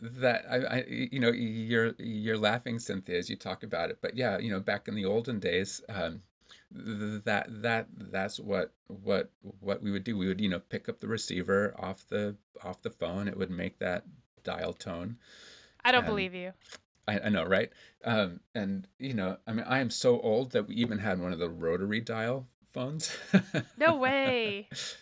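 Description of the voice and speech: Adult male speaker in conversation, stuttering since age 4 to 6. Speech shows part-word and word repetitions ("that, that", "what, what", "we would, we would") and prolonged sounds, with frequent pauses and fillers.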